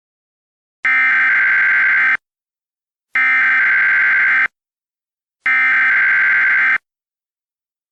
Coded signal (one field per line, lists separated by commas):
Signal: Emergency Alert System (SAME) tones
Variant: header bursts